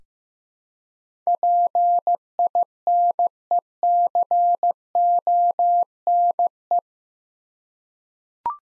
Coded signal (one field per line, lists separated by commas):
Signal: Morse code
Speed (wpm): 15 wpm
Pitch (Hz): 700 Hz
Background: none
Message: PINECONE